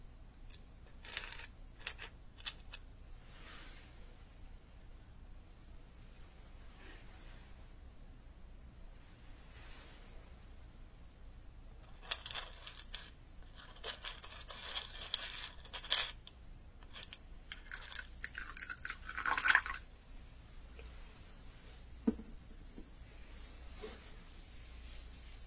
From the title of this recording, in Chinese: 中医配药、捣药触发音